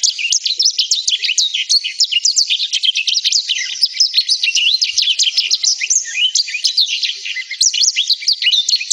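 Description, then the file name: Black-throated canary song, a lively rapid jumble of high chirps and trills, with a brief dip in the flow before it resumes. "suara burung blackthroat"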